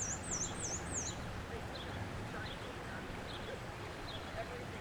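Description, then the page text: Black-and-white warbler singing a thin, very high series of repeated squeaky two-part notes for about a second, then faint scattered chirps. Maryland; observation shared via iNaturalist. "Maryland Biodiversity - Black-and-white Warbler ( Mniotilta varia ). Black-and-white Warbler via iNaturalist"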